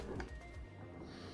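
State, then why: Not seated. An unfolded mopping water tank is slid by hand along the rear slot of a Conga 3090 robot vacuum, with a short, sharp sliding knock at 0.2 s over low handling rumble. Nothing has seated or clicked yet; the clip ends just before the tank goes home.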